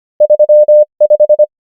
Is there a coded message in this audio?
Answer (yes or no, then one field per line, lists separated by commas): yes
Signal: Morse code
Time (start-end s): 0.2-1.4 s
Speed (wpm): 25 wpm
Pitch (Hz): 600 Hz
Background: none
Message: 3 5